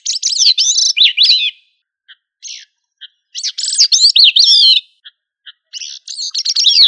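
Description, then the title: Thrush song in rich, warbled whistled phrases, rising and falling, broken by short pauses and soft single notes between bursts. "Familia Turdidae - Sabia"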